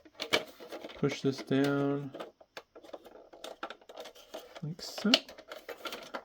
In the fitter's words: And I hear it click into place, which is good.